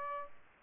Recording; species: mosquito wingbeat signal from an infrared sensor; Aedes albopictus